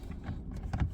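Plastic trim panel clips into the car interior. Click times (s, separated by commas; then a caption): 0.7 s. The lower clips of a plastic interior trim panel on a GR Corolla are lined up and pressed into the car interior, after installing a reverse lockout. A sharp click at 0.7 s, followed by another short snap just after, marks the clips popping in, and the panel is seated.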